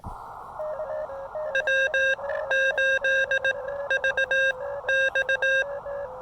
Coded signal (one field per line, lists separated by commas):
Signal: Morse code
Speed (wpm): 18 wpm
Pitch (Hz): 1600 Hz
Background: none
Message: W 8 V X